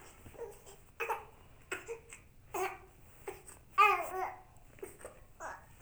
Baby Cry.